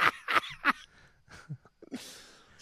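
Three sharp, harsh bursts come in quick succession in the first second, followed by quieter breathy sounds and faint room noise. This is a short bout of about three coughs from a woman in the background of a home.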